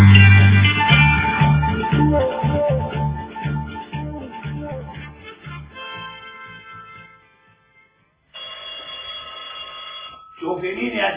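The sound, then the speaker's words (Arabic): In the Arabic radio play 'A Widow and Three Husbands' (Armala wa Thalathat Azwaj), after a stretch of music fades out, a doorbell gives a long, steady electric ring lasting about two seconds, pauses briefly, then starts ringing again. “جرس الباب بيضرب.”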